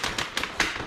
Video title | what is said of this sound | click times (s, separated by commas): Out n About Nipper Single Pushchairs Comparison | you can hear it all clicking into place | 0.4 s, 0.6 s